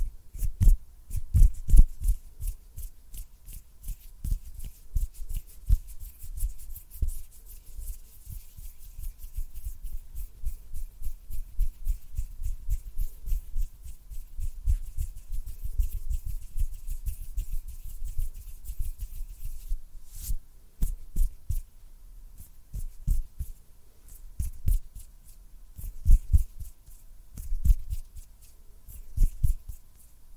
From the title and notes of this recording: ASMR CLOSE-UP FINGER FLUTTERING AND HAND SOUNDS - NO TALKING.